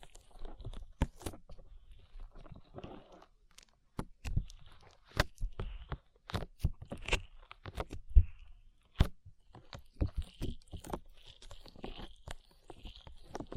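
Slime being squished and pressed, with sharp crunchy pops and crackles coming in quick, irregular bursts between brief quiet gaps throughout.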